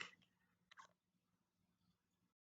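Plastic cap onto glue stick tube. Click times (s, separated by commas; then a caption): 0.0 s. A plastic cap is pushed back onto a glue stick tube and snaps shut at 0.0 s, a sharp click that shows the cap is on all the way. A second brief click-like burst follows around 0.7–0.8 s, then only a low steady hum remains.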